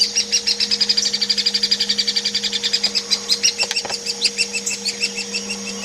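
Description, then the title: Hairy woodpecker calls: bright, sharp notes repeated quickly at first, then spacing out, with a couple of clicks midway. Compiled as masteran tutor audio for training songbirds such as oriental magpie-robin, white-rumped shama and greater green leafbird. "platuk hairy untuk kacer murai cucak hijau masteran"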